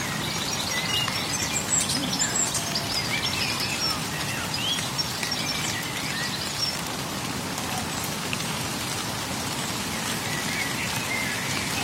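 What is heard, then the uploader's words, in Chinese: Birdsong comes through in short, bright chirps and calls scattered across the whole stretch, some slightly louder around the two- and six-second marks. Beneath them runs a steady, dense patter like rain on a surface, even in level throughout. 声声鸟鸣。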